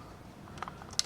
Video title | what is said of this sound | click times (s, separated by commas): STIHL Chainsaw MS251C Recoil Starter Rope Fix Easy Fix Step by Step | just snaps in place there I usually | 1.0 s